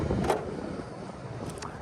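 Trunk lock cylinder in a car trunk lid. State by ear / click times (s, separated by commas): released / 0.3 s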